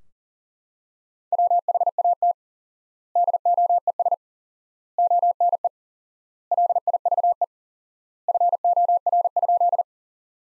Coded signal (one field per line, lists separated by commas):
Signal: Morse code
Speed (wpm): 40 wpm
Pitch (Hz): 700 Hz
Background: none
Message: WHAT DOES ONE LIVE FOR?